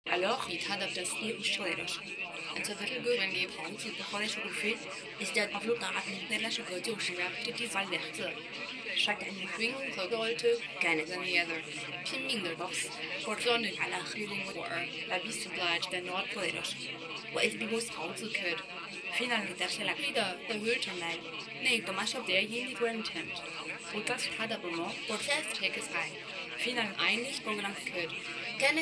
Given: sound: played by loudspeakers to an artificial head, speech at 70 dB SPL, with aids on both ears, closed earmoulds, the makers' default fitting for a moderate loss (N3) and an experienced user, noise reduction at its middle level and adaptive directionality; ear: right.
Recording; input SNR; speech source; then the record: speech test signal (ISTS) in cocktail-party noise; +3 dB; in front (0 degrees)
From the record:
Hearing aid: class 2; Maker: C